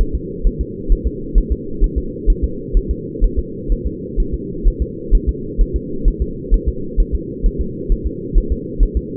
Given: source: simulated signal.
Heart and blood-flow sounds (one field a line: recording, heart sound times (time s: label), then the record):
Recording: fetal heart sounds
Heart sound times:
0.01 s: S1
0.15 s: S2
0.47 s: S1
0.61 s: S2
0.92 s: S1
1.07 s: S2
1.38 s: S1
1.52 s: S2
1.84 s: S1
1.98 s: S2
2.30 s: S1
2.44 s: S2
2.77 s: S1
2.91 s: S2
3.24 s: S1
3.39 s: S2
3.72 s: S1
3.86 s: S2
4.20 s: S1
4.34 s: S2
4.68 s: S1
4.82 s: S2
5.15 s: S1
5.29 s: S2
5.61 s: S1
5.76 s: S2
6.08 s: S1
6.22 s: S2
6.54 s: S1
6.68 s: S2
7.00 s: S1
7.15 s: S2
7.46 s: S1
7.61 s: S2
7.92 s: S1
8.06 s: S2
8.38 s: S1
8.52 s: S2
8.83 s: S1
8.97 s: S2
From the record:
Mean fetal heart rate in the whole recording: 130 bpm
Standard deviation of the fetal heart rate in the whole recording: 2 bpm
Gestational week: 38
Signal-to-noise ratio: -4.3 dB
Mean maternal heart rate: 72 bpm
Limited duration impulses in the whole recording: absent